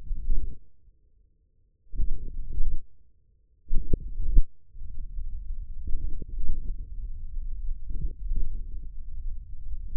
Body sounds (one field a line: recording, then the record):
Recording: forearm muscle sounds (acoustic myography)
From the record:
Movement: tripod grip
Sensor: system 1, eight BSWA MPA416 microphones around the upper forearm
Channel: 5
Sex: male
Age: 41 years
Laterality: right